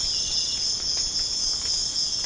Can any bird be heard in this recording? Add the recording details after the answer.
no. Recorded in pastures near Puerto Asís, Putumayo, Colombia, on 25 June 2025 at 04:30. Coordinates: 0.496, -76.326. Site GP01